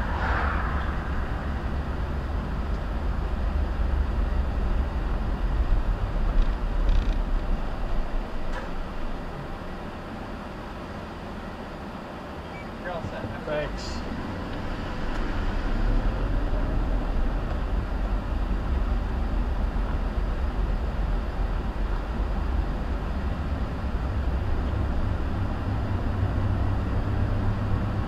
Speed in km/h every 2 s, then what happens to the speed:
24, 24, 19, 6, 0, 0, 0, 6, 18, 21, 19, 24, 31, 34.
0-8 slows to 0. 8-13 standing. 13-17 pulls away to 21. 20-28 speeds up to 34.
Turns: none.